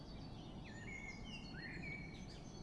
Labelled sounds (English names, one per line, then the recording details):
Common Blackbird
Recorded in Germany
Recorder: ecoPi